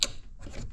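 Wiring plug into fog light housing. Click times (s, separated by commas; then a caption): 0.0 s. On a 2013 BMW F34 320d GT, the electrical plug is pushed onto the new fog light housing until it locks, giving a sharp, bright click at 0.0 s. Quieter rubbing and handling noise follows for the rest of the clip. The fog light connector is seated.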